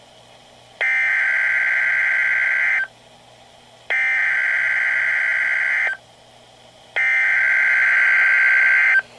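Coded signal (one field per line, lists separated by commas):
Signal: Emergency Alert System (SAME) tones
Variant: header bursts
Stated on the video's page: NOAA Weather Radio flash flood watches with double header, one recorded from Baltimore station on 162.400 MHz.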